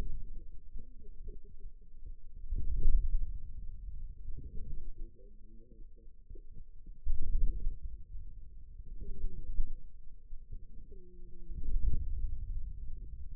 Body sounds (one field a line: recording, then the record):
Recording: forearm muscle sounds (acoustic myography)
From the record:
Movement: inward rotation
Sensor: system 2, bracelet of six BSWA MPA416 microphones around the upper forearm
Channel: 3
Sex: female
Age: 21 years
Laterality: right